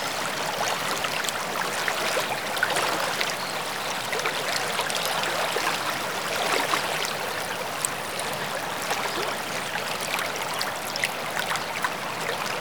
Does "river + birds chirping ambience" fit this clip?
yes